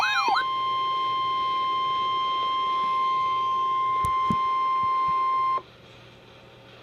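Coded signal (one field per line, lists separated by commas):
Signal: Emergency Alert System (SAME) tones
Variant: 1050 Hz attention tone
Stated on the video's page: Real tornado warning alert.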